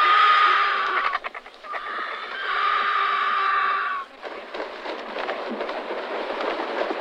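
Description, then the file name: Griffon vulture giving harsh, rasping hisses and cackling noises in long bursts, with a brief squeaky tone at the start and a break near four seconds. "Canto do grifo eurasiatico"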